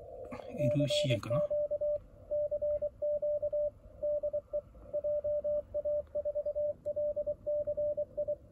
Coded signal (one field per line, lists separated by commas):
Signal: Morse code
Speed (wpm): 23 wpm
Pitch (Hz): 590 Hz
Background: speech, radio noise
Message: CQ CQ DE JA4LCI